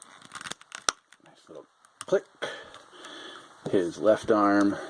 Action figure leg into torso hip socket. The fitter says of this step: his right leg same deal click